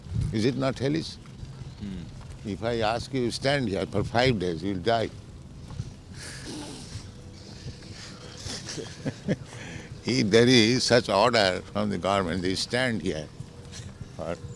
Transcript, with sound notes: Is it not hellish? If I ask you, "Stand here for five days," you will die. [laughing] If there is such order from the government, "You stand here for